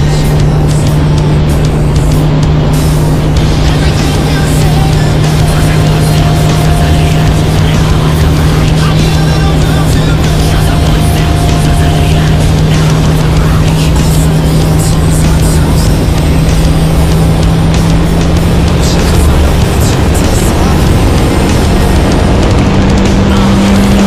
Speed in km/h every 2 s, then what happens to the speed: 157, 159, 159, 162, 163, 162, 163, 164, 167, 179, 193, 203.
0-24 speeds up to 203.